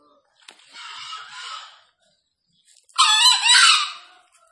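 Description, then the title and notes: Green junglefowl with a softer hoarse phrase followed a second later by a louder, harsh, rasping crow. Wild green junglefowl released free, calling vigorously from up in a tree; presented as a junglefowl lure call. "Panggilan Ayam Hutan Liar. Keren Sekali Ayam Hutan Hijau Dilepas Bebas n Bunyi Gacor Diatas Pohon. Pemikat Ayam Hutan"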